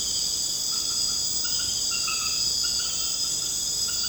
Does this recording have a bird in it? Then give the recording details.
no. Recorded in secondary vegetation near Puerto Asís, Putumayo, Colombia, on 21 March 2025 at 23:00. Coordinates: 0.485, -76.322. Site G040